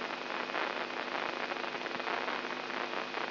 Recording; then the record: brain microelectrode recording played as sound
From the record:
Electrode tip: inside the subthalamic nucleus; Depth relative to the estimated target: -3 mm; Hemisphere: left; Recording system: AlphaMap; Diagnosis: Parkinson's disease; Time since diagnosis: 11 years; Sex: male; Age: 67 years